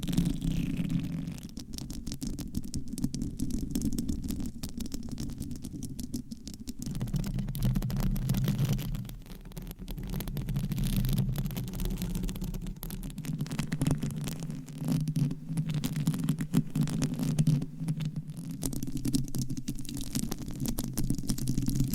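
Mic tapping and scratching: a dense, steady low rubbing rumble runs throughout, dotted with quick, irregular sharp taps and ticks, dipping briefly near ten seconds.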